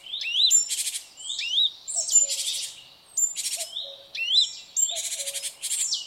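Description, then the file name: Great tit calls: dense buzzy rasps alternate with rising whistled notes, while a low soft two-note call sounds a few times in the background. "Parus major"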